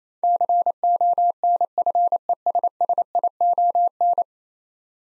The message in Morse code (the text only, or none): CONFESSION